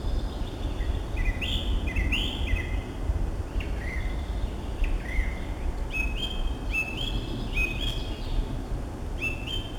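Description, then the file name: Song thrush song of varied clear whistled phrases, a short phrase repeated several times near the end, steady low rumble underneath. Recorded 23 April 2015. "Pevchij drozd - 23 04 2015"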